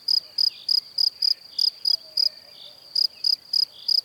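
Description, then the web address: Cricket chirps, sharp and high, repeated with a longer gap midway. "Kurs PTTK Przyroda Ptaki Świerszcze"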